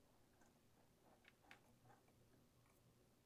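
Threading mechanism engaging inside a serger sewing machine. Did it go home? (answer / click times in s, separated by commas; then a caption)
no / none. Someone turns the hand wheel of a serger sewing machine while threading it, working toward two threading parts popping together inside the mechanism. Soft handling ticks are heard around 1.3 s and 1.5 s over a quiet background. The parts have not popped together or seated yet.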